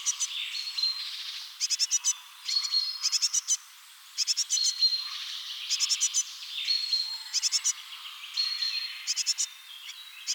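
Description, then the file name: Great tit repeating rasping, buzzy call groups of about four quick bursts every second or so, with thin whistles from other birds in the background. "Parus major"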